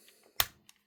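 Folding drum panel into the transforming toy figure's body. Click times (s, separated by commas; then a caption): 0.4 s. A plastic drum panel on a Transformers Studio Series 86 Voyager class Mixmaster action figure is folded in and pushed into the figure's body during transformation. After a few faint taps, a loud sharp snap at 0.4 s seats the drum panel in place, followed by a small tick near 0.7 s.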